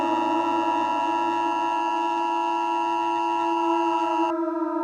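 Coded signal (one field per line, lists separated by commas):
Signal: Emergency Alert System (SAME) tones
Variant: 853 and 960 Hz attention tone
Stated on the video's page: Simulated EAS scenario based on the film Special Bulletin.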